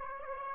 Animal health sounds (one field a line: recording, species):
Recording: mosquito wingbeat signal from an infrared sensor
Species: Aedes aegypti